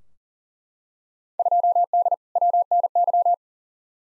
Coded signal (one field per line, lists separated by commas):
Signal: Morse code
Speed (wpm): 37 wpm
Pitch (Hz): 700 Hz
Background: none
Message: 2D WNY